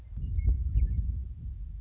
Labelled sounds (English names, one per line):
Western Meadowlark